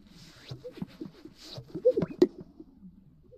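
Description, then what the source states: Greater Sage-Grouse lekking display, soft low hollow pops and plops with a louder burst of liquid, droplet-like notes around the middle, on a quiet background. Lekking display sounds, described by listeners as resembling water droplets.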